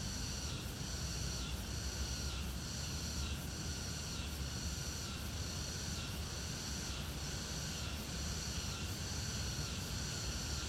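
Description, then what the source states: Crickets trill in a high band that pulses about once a second, steady and even, above broad low rumble. Crickets in the Old Summer Palace, in summer.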